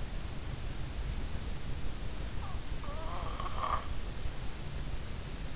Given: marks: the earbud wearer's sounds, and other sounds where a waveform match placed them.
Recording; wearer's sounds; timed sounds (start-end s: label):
sounds in sleep by an in-ear microphone; snoring breath
2.36-3.89 s: snoring breath